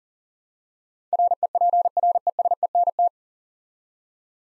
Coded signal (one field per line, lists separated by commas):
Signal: Morse code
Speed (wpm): 40 wpm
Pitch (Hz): 700 Hz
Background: none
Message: REPRESENT